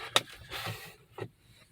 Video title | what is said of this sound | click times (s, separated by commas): 2020 HIGHLANDER CEILING / SUN GLASSES / SUN ROOF PANEL REPLACEMENT | You should hear it click and kind of grab. | 0.2 s